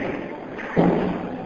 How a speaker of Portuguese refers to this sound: Talvez seja interessante depois fechar a porta, porque tem aula do lado, e do jeito que eu grito eu vou acabar atrapalhando as pessoas.